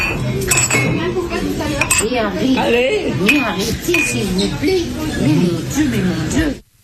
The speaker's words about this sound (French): J'ai l'impression que il y a du chin-chin. Ok. Cling, cling, cling, les mamies, elles trinquent.